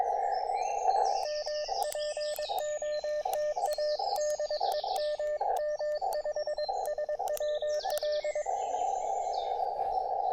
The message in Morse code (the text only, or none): M POTA DE M M5SWL